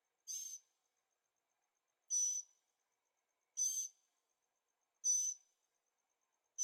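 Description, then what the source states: Bird calls: brief, high, scratchy notes repeated about every one and a half seconds, five in all, over a faint high steady tone. Birds singing at night in Carefree, Arizona; recorded in stereo on a Zoom H6.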